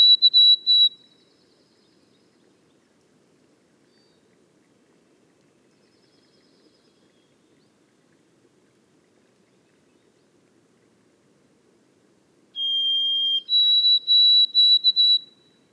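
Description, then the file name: White-throated sparrow whistled song. The tail of one song is followed by long silence, then a full song: a lower sustained whistle, then higher notes broken into quick repeated pulses. Recorded in the boreal forest of Haute-Côte-Nord on 29 May 2018. "bruant a gorge blanche foret boreale de la haute cote nord"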